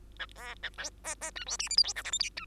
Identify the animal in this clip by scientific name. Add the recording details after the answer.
Lonchura striata domestica. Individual Bird2